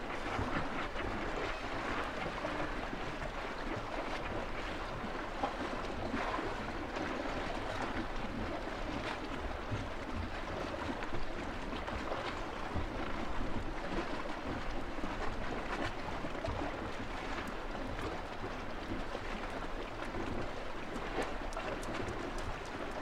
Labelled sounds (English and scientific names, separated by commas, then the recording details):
Gentoo Penguin (Pygoscelis papua) call
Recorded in the wild
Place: Brown Station, Antarctica, AQ
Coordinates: -64.54, -62.52
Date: 2018-12-25
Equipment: Olympus LS-100, Sennheiser ME66
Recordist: Beaulieu, Michaël